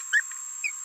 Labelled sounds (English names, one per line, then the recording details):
Green-rumped Parrotlet babbling
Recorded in a nest box in Venezuela
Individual 18B17A4